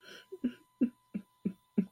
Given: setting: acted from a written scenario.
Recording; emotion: vocal sound without words; sadness